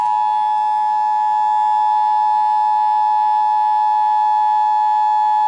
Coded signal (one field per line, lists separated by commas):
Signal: Emergency Alert System (SAME) tones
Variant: 853 and 960 Hz attention tone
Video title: HELLO 2019!! EAS Alerts from 1/8/19 - 1/30/19 (EAS #1,992 - 2,009)